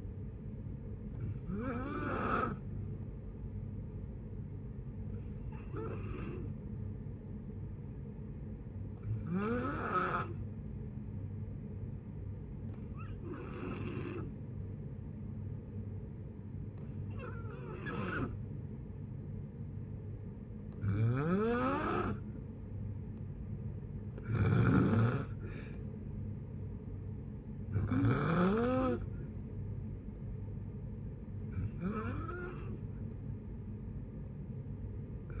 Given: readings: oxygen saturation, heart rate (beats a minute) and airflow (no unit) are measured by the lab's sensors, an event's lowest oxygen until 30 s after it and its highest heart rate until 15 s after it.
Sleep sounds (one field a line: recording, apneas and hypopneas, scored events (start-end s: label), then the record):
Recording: breathing in sleep by a smartphone at the bedside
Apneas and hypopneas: 1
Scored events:
3.00-20.60 s: hypopnea (N2, oxygen 92% highest, then 88% lowest, heart rate 66 at the start, 67 highest)
From the record:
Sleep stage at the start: N2 (light sleep)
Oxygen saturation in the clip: 88 to 92%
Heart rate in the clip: 62 to 67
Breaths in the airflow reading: 9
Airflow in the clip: -5.6 to 6.0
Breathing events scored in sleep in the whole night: 496 in 5.4 hours asleep